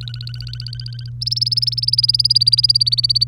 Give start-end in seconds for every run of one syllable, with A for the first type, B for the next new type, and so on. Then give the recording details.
0.01-1.09 A, 1.21-3.24 B. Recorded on 1 May 2018 at 07:16. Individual llb3